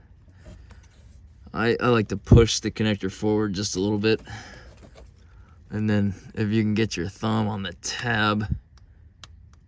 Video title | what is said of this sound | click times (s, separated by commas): You NEED A Multi-Faceted Approach! Diagnose Modern Auto A/C using Voltmeter, Gauges, and Scan Tool | you hear that click, | 9.2 s